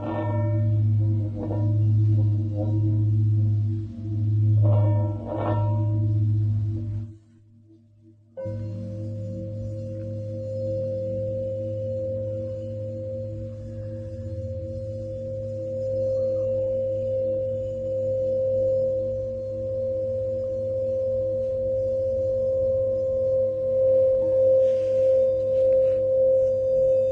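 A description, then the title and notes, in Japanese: A singing bowl hums low with pulsing, wavering tones, falls briefly silent near seven seconds, then rings a long, steady, bright sustained tone. メキシコから シンギングボウルのサウンドヒーリング ライブ。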